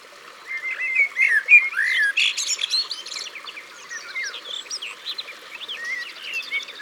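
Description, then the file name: Common blackbird song: mellow slurred whistled phrases, then faster twittering high notes. Recorded at the water's edge. "Merle noir Au bord de leau"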